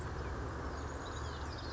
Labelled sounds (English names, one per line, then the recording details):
Chestnut-backed Chickadee
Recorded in Sonoma County, California